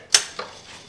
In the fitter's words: we've got the upper radiator here which is really stiff by comparison good click